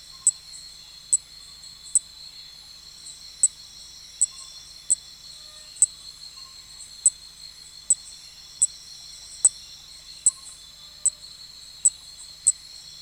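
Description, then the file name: Nesobia mjobergi cricket song: a continuous high-pitched trill with crisp clicks recurring roughly every second, many across the stretch. "Nesobia mjobergi"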